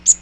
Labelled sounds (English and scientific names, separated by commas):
Magnolia Warbler (Setophaga magnolia) flight call